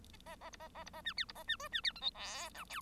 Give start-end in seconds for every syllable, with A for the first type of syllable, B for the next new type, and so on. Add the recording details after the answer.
0.26-0.36 A, 0.41-0.50 A, 0.52-0.57 B, 0.59-0.68 A, 0.74-0.84 A, 0.85-0.90 B, 0.93-1.01 A, 1.04-1.13 C, 1.16-1.25 D, 1.28-1.32 B, 1.35-1.43 A, 1.47-1.56 C, 1.59-1.68 E, 1.72-1.81 C, 1.83-1.92 D, 1.95-2.00 F, 2.01-2.11 G, 2.14-2.49 H, 2.54-2.64 I, 2.69-2.81 J. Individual Bird1